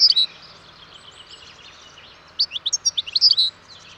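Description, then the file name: European goldfinch calls, a short high twitter at the start, then a lively burst of tinkling chirps after a quiet gap. "Carduelis carduelis"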